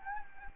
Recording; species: mosquito wingbeat signal from an infrared sensor; Anopheles gambiae